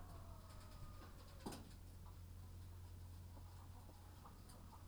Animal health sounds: poultry house recording; sick chickens (respiratory disease)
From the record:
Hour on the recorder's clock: 21

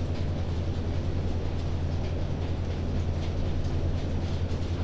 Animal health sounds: poultry house recording; no chicken sound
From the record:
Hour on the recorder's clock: 21

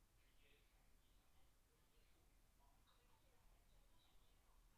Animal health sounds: poultry house recording; no chicken sound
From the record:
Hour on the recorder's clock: 16

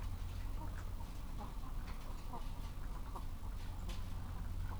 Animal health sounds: poultry house recording; sick chickens (respiratory disease)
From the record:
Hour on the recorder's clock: 15

